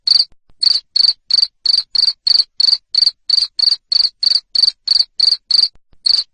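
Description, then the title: Cricket sounds: sharp shrill chirps repeated about three times a second, with a pause after the first chirp and another just before the last. Loud 'ngerik' cricket sound played to stimulate lovebirds to keep singing ('ngekek'). "Suara JANGKRIK NGERIK Keras Bikin LOVEBIRD Jadi NGEKEK Terus Vubey"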